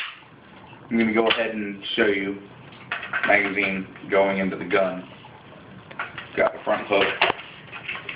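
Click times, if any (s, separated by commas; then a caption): 7.9 s, 8.1 s. Someone talks while a rebuilt MD20 drum magazine is hooked in at the front and rocked back into the magazine well of a Saiga 12 semiautomatic shotgun, with a few short sharp sounds around 6.0 s. The magazine snaps into place with clicks at 7.9 s and 8.1 s, latching all the way back with only minimal wiggle.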